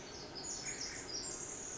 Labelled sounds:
Pacific Wren

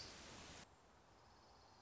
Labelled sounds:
Orange-crowned Warbler

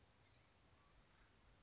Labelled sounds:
Blue-gray Gnatcatcher

